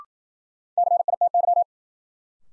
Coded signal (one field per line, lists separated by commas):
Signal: Morse code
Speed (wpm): 51 wpm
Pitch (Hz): 700 Hz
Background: none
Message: CITY